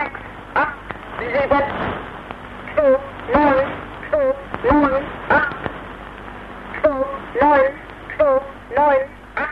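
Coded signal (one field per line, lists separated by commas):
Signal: numbers station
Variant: East German, German language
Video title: East German Numbers Station (1977)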